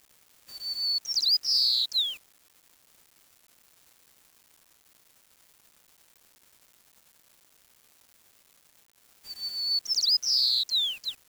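Bird song in two bursts of high, clear notes: a steady whistle followed by quick chirps and a falling slur, with about seven seconds of silence between them.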